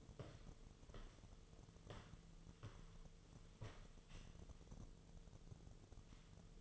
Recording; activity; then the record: daily activity, microphone in the room; walk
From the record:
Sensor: 4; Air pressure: 1006.3 hPa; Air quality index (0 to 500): 86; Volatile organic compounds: 2 ppm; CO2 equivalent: 1063 ppm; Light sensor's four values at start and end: 12/27/11/10 and 12/27/11/10